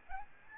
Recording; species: mosquito wingbeat signal from an infrared sensor; Aedes albopictus